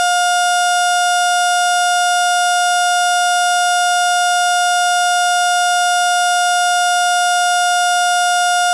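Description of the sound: A single unbroken, steady mid-pitched tone runs for about nine seconds with no beeps or pauses. This is the flatline alarm of a cardiac monitor, signalling no detected heartbeat (asystole). It is a sound effect.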